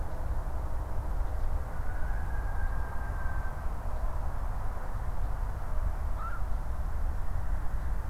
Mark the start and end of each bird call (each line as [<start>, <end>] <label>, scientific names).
[6.17, 6.39] Nycticorax nycticorax